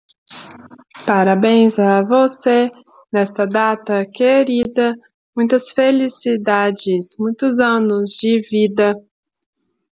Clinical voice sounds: short text; Brazilian Portuguese; female; 20 to 29 years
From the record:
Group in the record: control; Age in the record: 26 years

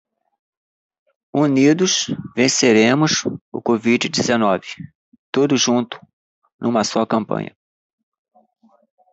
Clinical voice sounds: short text; Brazilian Portuguese; male; 50 to 59 years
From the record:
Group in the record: control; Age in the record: 51 years

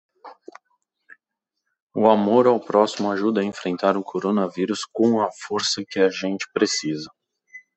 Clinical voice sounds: spoken sentence; Brazilian Portuguese; male; 30 to 39 years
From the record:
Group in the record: control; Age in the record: 32 years

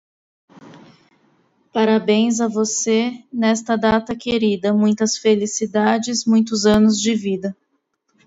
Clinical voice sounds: short text; Brazilian Portuguese; female; 30 to 39 years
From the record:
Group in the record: control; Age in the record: 38 years

